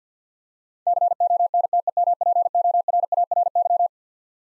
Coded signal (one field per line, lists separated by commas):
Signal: Morse code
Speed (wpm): 50 wpm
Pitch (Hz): 700 Hz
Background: none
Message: CONTEMPORARY